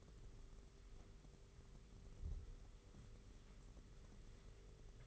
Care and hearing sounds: daily activity, microphone in the room; wipe stove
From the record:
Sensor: 4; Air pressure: 991.2 hPa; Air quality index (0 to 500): 162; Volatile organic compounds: 155 ppm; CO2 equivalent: 4046 ppm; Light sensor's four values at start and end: 24/80/30/31 and 24/80/30/31

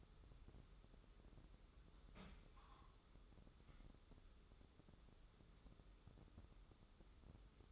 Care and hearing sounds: daily activity, microphone in the room; place on stove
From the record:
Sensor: 3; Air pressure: 995.5 hPa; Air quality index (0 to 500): 87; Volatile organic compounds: 8 ppm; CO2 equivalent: 2113 ppm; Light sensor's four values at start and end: 26/81/34/29 and 26/81/34/29

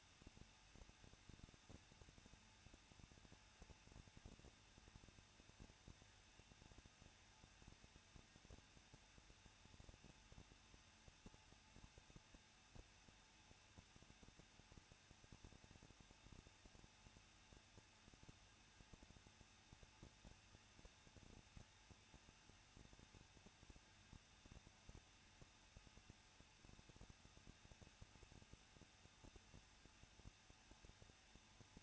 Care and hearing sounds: daily activity, microphone in the room; no activity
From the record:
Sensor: 2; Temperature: 21.0 degrees Celsius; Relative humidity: 37.6%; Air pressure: 1006.3 hPa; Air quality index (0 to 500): 224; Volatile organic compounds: 25 ppm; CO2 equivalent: 2846 ppm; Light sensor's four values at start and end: 2/3/2/2 and 2/3/2/2

